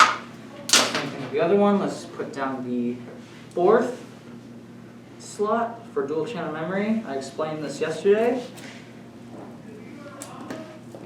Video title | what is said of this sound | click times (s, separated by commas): IST Under $1000 PC build | and it clicks right into place. | 10.2 s, 10.5 s